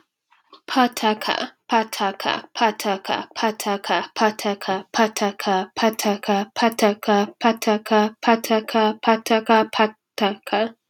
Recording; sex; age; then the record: repeated syllables /pa ta ka/; female; 20 to 29 years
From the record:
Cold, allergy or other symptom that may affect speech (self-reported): no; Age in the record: 22 years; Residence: Maine, United States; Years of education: 15